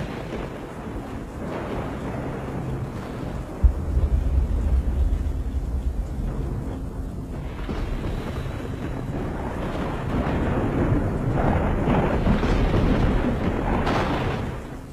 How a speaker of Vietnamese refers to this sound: thì đúng lúc ấy từ trên bầu trời một tia chớp chói lòa rạch toạc tầng không, kéo theo tiếng sấm kinh thiên động địa.